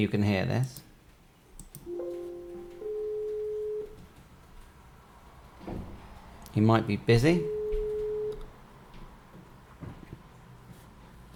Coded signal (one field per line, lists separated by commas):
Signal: telephone call progress tone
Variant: 425 Hz, 1 s on, 3 s off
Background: speech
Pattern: ringback tone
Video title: HAMSHACK HOTLINE -USING PC - MicroSip (Hard Phone Required First)